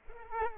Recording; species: mosquito wingbeat signal from an infrared sensor; Culex pipiens